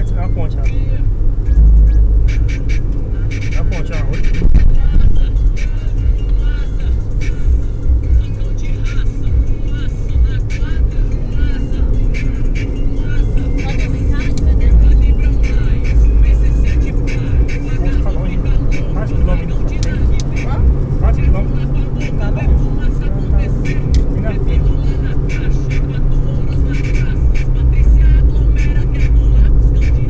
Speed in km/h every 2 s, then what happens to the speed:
83, 82, 81, 81, 84, 85, 89, 94, 99, 103, 110, 111, 109, 107, 101.
0-10 steady at about 82. 10-21 speeds up to 111. 25-30 slows to 101.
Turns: none.